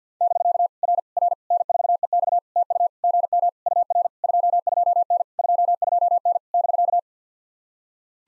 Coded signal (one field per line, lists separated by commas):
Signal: Morse code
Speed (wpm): 48 wpm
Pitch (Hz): 690 Hz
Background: none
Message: <BK> R R N4EX TU GM UR 22N 22N <BK>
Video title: POTA QSO Practice - 50wpm